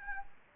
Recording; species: mosquito wingbeat signal from an infrared sensor; Anopheles gambiae